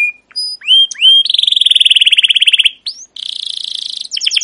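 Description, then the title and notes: Canary song with a few clear whistled upslurs, then a long fast buzzy trill, a brief pause, and another rolling trill. Captive canary song used as a lure and master recording to train other canaries; Indonesian 'cuit cuit ngerol' and 'gacor panjang' for the long chirping, rolling style, played to young birds learning sounds. "CUIT CUIT NGEROL GACOR PANJANG Kenari Pancingan KENAR. PANCINGAN Kenari GACOR PANJANG Cuit CUIT EMOSI MASTERAN Kenari PAUD belajar BUNYI. burung kenari"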